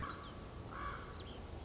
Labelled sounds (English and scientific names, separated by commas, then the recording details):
Common Raven (Corvus corax)
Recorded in Sonoma County, California